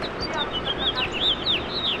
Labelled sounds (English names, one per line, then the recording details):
House Finch song
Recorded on Long Island, New York, on 21 March 2012
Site FL
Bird B